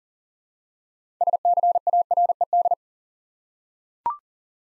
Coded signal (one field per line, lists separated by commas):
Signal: Morse code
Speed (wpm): 40 wpm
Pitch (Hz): 700 Hz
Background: none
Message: SCARED